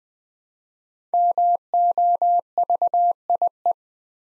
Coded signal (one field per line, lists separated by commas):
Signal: Morse code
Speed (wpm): 20 wpm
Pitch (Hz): 700 Hz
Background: none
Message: MOVIE